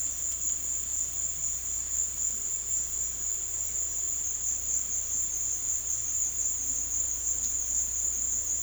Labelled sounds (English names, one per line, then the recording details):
none
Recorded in dense forest near Puerto Asís, Putumayo, Colombia, on 23 June 2025 at 15:30
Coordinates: 0.481, -76.323
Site G072